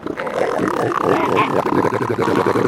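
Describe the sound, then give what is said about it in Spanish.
A dense chorus of hundreds of elephant seals crowded at high tide on a narrow beach strip below a cliff at Punta Hércules, Península Valdés, Patagonia, roaring and grunting together: a steady, loud wall of overlapping throaty bellows, with newborn pups crying and mothers grunting and bleating, gurgling and rumbling without pauses. “Con la marea alta, cientos de elefantes marinos se amontonan en una estrecha franja de playa al pie de un acantilado.”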